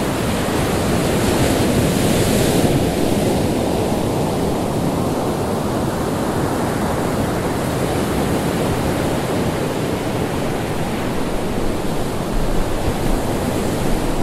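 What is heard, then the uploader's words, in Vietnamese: Ocean waves make a dense, steady roar that fills the whole clip, heaviest in the low range with a softer hiss above. The level barely changes, with only a slight swell of brighter spray around two to three seconds and a small surge near twelve seconds. White Noise Natural Ocean. Tiếng sóng biển.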